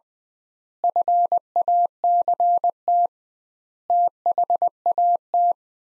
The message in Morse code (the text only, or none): FACT THAT